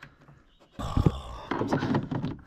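On a SEAT Leon, the plastic access cover inside the boot trim, behind the new black LED tail light, is handled while being pushed back toward its clips. Someone talks over soft handling rustles, with a few faint taps near the end. Nothing has seated or clicked yet.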